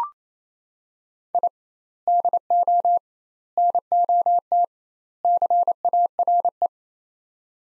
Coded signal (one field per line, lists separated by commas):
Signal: Morse code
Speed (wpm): 28 wpm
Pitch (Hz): 700 Hz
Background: none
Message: I DO NOT CARE